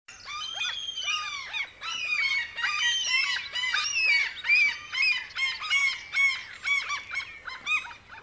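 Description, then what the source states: Common Gull calling, a continuous chorus of high, squealing, mewing notes with slurred rising and falling cries, several birds overlapping throughout. Nests in Finnish cities on rooftops, gutters, lamp covers, boats, piers and other structures; some nest in old crow nests.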